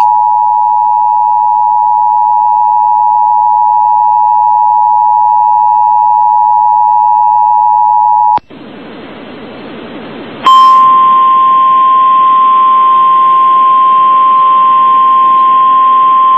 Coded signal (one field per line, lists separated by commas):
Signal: Emergency Alert System (SAME) tones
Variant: 853 and 960 Hz attention tone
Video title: Tornado Warning | EAS #432